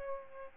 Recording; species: mosquito wingbeat signal from an infrared sensor; Aedes albopictus